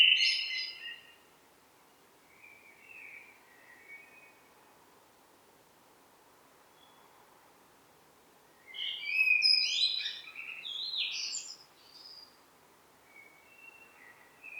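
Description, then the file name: Blackbird song in scattered pieces: a clipped note at the start, soft quiet warbles, then a busier burst of higher squeaky twittering later on. "Turdus merula"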